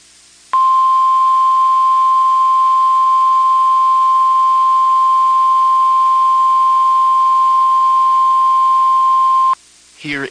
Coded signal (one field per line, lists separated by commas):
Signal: Emergency Alert System (SAME) tones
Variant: 1050 Hz attention tone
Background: speech